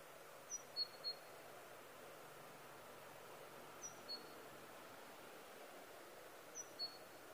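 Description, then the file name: Great tit calling with thin, high groups of two or three notes that drop in pitch, repeated in three short bursts spaced a few seconds apart against soft constant noise. "Parus major"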